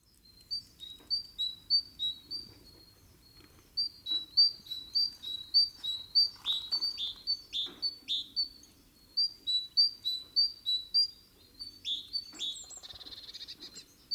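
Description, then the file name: Great tit, bright high notes with sharp downward flicks, in quick repeated runs with short pauses between them. "Parus major"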